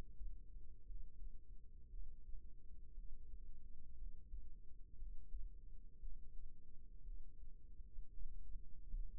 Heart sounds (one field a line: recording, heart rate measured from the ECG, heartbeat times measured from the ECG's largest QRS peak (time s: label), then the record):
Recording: heart sounds by microphone in the right ear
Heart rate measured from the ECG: 58 bpm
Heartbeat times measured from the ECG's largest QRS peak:
0.83 s: heartbeat
1.87 s: heartbeat
2.93 s: heartbeat
3.94 s: heartbeat
4.95 s: heartbeat
5.97 s: heartbeat
7.01 s: heartbeat
8.07 s: heartbeat
9.08 s: heartbeat
From the record:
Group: healthy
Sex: female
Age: 37 years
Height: 168 cm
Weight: 70 kg